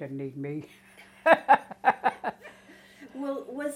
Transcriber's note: laughs